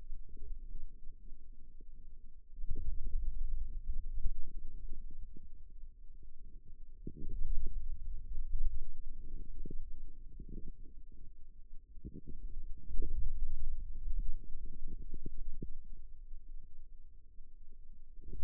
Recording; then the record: forearm muscle sounds (acoustic myography)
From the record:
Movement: wrist flexion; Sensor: system 2, bracelet of six BSWA MPA416 microphones around the upper forearm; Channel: 2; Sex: male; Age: 22 years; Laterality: right